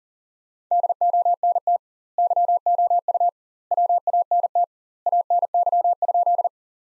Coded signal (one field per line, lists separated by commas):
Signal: Morse code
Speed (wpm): 40 wpm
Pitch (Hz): 700 Hz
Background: none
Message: DONT YOU WANT ANY?